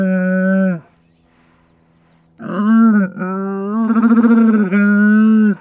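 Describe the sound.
Camel calling: a short steady moan, a quiet pause, then a long bawl that breaks into a rapid gurgling, pulsing stretch before settling back into a smooth drone.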